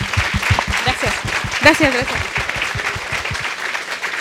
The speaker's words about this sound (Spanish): Bueno, pues agradecemos a la médica Lilia, muy interesante su plática. Un aplauso.